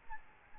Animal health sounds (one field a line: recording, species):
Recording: mosquito wingbeat signal from an infrared sensor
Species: Aedes albopictus